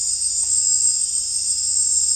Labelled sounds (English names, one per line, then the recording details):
none
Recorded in dense forest near Puerto Asís, Putumayo, Colombia, on 16 December 2024 at 18:30
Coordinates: 0.466, -76.327
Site G075